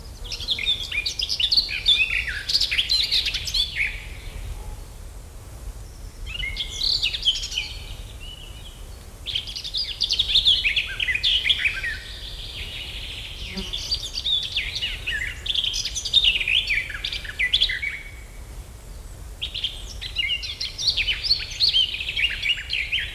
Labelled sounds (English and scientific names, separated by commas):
Garden Warbler (Sylvia borin) song